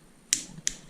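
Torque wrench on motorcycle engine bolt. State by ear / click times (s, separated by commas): torque reached / 0.3 s, 0.7 s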